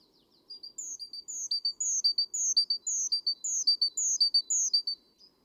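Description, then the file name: Great tit calls: a lively, steady sequence of short high chips and longer, higher descending notes, repeated many times before stopping. "Parus major"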